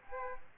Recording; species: mosquito wingbeat signal from an infrared sensor; Aedes aegypti